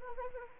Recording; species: mosquito wingbeat signal from an infrared sensor; Anopheles arabiensis